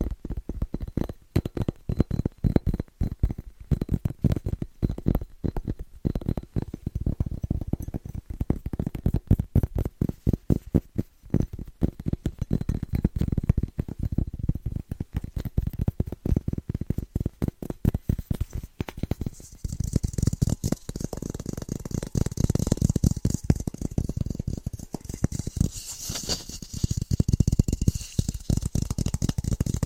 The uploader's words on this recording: ASMR Fast & Rhythmic Tapping Christmas Edition No Talking.